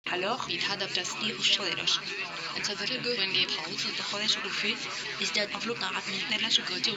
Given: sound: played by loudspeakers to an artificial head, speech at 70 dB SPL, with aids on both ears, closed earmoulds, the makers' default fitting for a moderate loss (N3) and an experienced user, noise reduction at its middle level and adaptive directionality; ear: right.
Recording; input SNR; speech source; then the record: speech test signal (ISTS) in cocktail-party noise; 0 dB; on the right (90 degrees)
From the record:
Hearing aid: class 1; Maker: A